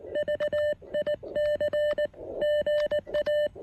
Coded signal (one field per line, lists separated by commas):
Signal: Morse code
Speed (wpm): 18 wpm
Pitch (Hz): 590 Hz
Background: none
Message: VIC GA